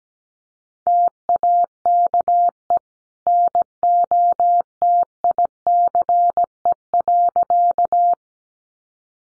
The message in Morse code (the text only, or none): TAKE NOTICE.